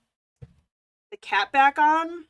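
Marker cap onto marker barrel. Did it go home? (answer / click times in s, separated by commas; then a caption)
partly / 0.4 s. A cap is pushed back onto a Copic alcohol marker barrel and gives a small click at 0.4 s. It clicks on but stays twisted on the barrel, so it is not properly seated. Someone talks afterward.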